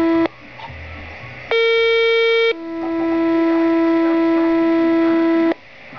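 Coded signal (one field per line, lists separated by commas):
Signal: two-tone page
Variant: Motorola Minitor II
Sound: short buzzy tone tail, pause, one-second tone, then a three-second lower tone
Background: low background hum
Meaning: Sequential tone pair sets off a pager group in a scheduled test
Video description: dispatch conducting the 6PM pager test. the first tone is for the Fire and Ambulance, and the rest you can hear what they're for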